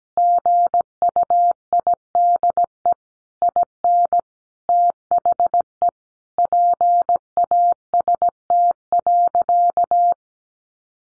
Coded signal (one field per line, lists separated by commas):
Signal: Morse code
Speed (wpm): 17 wpm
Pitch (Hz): 700 Hz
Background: none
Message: GUIDE IN THE PAST.